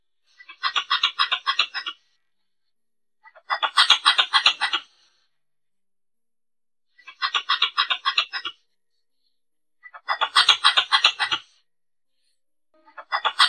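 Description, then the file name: Pallas's squirrel repeating harsh, rapid pulsed chatter in several bouts separated by silent gaps. Female squirrel calling. "tieng soc cai bung do keu chuan nhat"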